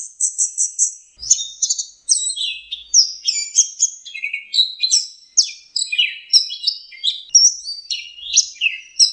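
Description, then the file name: Orange-headed thrush pours out a long, continuous string of quick, varied chirps, whistles and short trills with hardly a pause. Masteran song used for training kept birds. "suara masteran anis merah"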